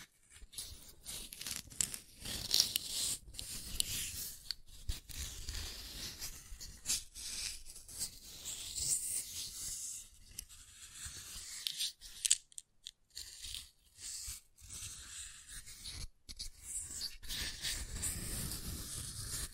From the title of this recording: Scratching & Tracing